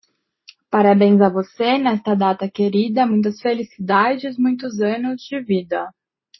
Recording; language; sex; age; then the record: short text; Brazilian Portuguese; female; 20 to 29 years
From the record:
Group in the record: control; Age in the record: 22 years